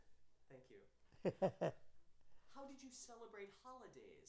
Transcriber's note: chuckles